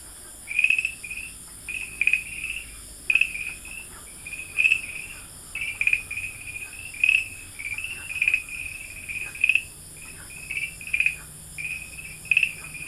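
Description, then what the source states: Farmland green tree frog calls: short, bright chirping notes in quick clusters, repeated about once a second over a steady high hiss. Dalin.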